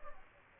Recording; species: mosquito wingbeat signal from an infrared sensor; Aedes aegypti